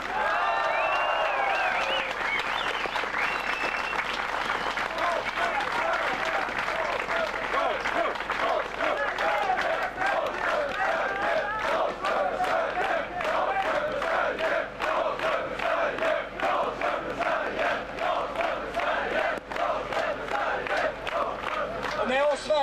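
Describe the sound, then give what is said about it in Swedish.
A large crowd at an evening political rally applauds the people who came, steadily, with dense clapping mixed with loud cheers and shouts, strongest at the start and continuing at a fairly even level throughout. “En stor applåd till er och alla som har kommit hit idag.”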